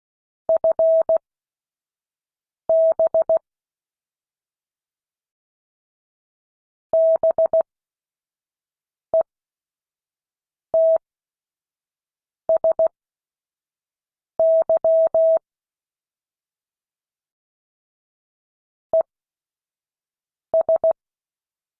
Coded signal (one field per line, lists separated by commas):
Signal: Morse code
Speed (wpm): 16 wpm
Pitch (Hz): 650 Hz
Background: none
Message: FB BETSY ES